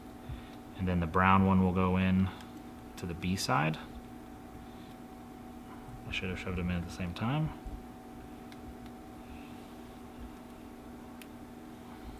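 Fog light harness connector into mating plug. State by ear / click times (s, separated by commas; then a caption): seated / 11.2 s. Someone talks while the two halves of a sealed plastic weatherproof wiring connector, the fog light harness connector for a 2020 4Runner's Baja Designs fog lights, are pushed into the mating plug. A faint tick comes at 8.5 s, then a sharp little click at 11.2 s as the connector seats.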